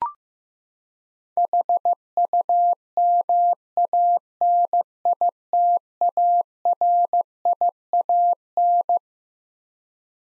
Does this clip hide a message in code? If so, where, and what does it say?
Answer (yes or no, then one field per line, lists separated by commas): yes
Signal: Morse code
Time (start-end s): 1.4-9.0 s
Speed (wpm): 15 wpm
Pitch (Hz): 700 Hz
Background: none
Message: HUMANITARIAN